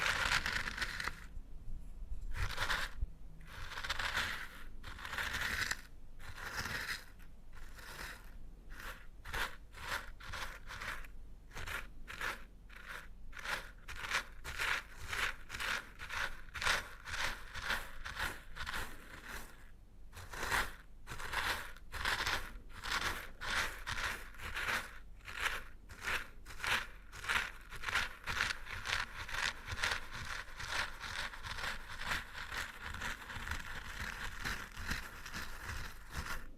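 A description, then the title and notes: Crunchy stirring, dry, with gritty scraping strokes that repeat in a loose rhythm. The strokes start spaced out, then speed up and pack tightly together after about twenty seconds, each one a bright rustling crunch over quiet. Old-Time Riches Crunchy Stirring. NO TALKING.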